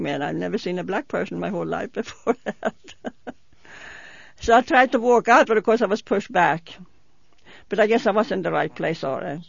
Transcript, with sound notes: I'd never seen a black person in my whole life before that. (she laughs) So I tried to walk out but, of course, I was pushed back. But I guess I was in the right place alright.